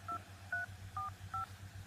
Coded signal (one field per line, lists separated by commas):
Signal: DTMF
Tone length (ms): 130 ms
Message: 2345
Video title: Star Trek Communicator Beep Ringtone part 2